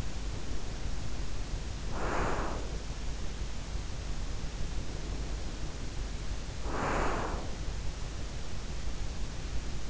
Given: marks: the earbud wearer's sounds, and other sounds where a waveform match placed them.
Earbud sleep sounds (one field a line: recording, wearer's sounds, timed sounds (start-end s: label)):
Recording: sounds in sleep by an in-ear microphone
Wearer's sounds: breath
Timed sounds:
0.00-2.95 s: breath
4.77-7.86 s: breath